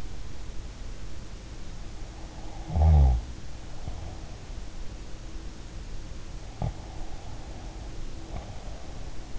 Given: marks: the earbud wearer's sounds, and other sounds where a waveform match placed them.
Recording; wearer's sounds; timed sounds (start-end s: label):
sounds in sleep by an in-ear microphone; snoring breath, breath
2.46-4.37 s: snoring breath
6.57-9.39 s: breath